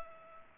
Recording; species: mosquito wingbeat signal from an infrared sensor; Culex pipiens